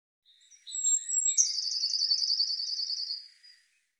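Eurasian blue tit call starting with a few soft, high notes and a thin whistle, then breaking into a rapid, rattling trill that slowly slides down in pitch.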